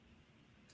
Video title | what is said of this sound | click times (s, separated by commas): Christmas replay of Like the Way You Drink Podcast | Oh, I heard it click. | 0.7 s